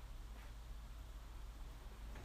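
A monitor panel is being fitted onto its stand mount bracket by hand, following the manual and with no screwdriver needed. Only a steady low hum and faint handling rustle are heard, with no sharp hit. Nothing has seated or clicked yet.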